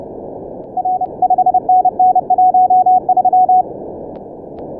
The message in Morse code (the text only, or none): R 5NN13